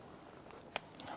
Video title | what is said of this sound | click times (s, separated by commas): How to Replace Spark Plugs Wires 1992-1996 Toyota Camry | Push that down, give it a little wiggle, make sure it's locked into place. | 0.8 s